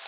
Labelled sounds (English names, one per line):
Orange-crowned Warbler flight call